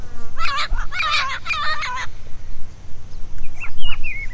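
Bird calling in loud, rasping harmonic bursts for about two seconds, then a pause and a few thin, wavering whistles, all over a low steady hum.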